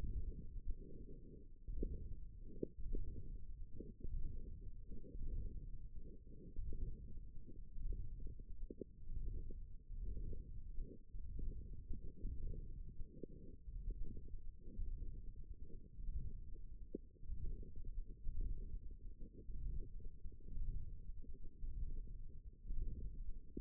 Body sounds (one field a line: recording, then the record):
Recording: forearm muscle sounds (acoustic myography)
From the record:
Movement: ulnar deviation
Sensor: system 1, eight BSWA MPA416 microphones around the upper forearm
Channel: 7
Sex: female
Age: 22 years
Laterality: right